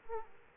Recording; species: mosquito wingbeat signal from an infrared sensor; Aedes aegypti